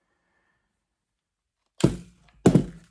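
The magazine release on a pistol-style launcher is pressed, and the magazine is pulled out of the magwell. After near silence, a sharp thunk comes at 1.8 s. A second, louder thunk at 2.5 s marks the magazine coming free, and both sounds trail off in a short low rattle.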